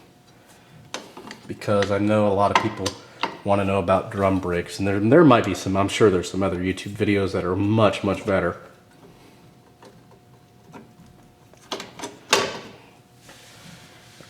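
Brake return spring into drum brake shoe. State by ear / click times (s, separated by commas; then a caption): partly seated / 12.3 s. While reassembling the rear drum brakes on a 2001 Mazda Protege, a return spring is worked into its hole on the drum brake shoe, giving sharp metallic clinks near 0.9 s and 11.7 s. Someone talks from about 1.5 s to 8.5 s. A loud snap at 12.3 s partly seats the spring, but it is still not fully hooked in.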